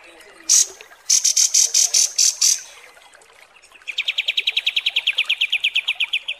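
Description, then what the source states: Kapas tembak song: loud high piercing notes pulsed in a short series, followed by a long fast rattling trill of even repeated notes. Masteran training recording of kapas tembak song.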